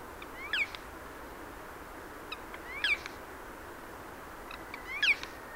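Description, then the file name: Eurasian jay giving three brief, rasping, falling calls, a little over two seconds apart, with faint softer notes before each and constant hiss behind. "Garrulus glandarius"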